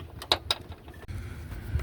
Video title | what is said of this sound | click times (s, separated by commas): 2000 Lincoln Town Car 4.6L Vapor canister vent solenoid REPLACEMENT | Just push that in until it clicks in. | 0.3 s, 0.5 s